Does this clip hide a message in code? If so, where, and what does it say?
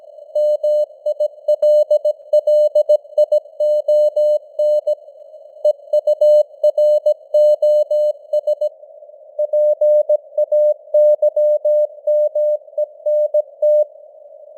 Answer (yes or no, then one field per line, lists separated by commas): yes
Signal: Morse code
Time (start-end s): 0.4-13.8 s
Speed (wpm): 17 wpm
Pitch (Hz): 600 Hz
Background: none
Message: MILLION EUROS PAYMENT